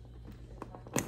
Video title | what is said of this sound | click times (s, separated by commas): How to change Wyze Filter | twist you're going to hear that snap right there | 1.0 s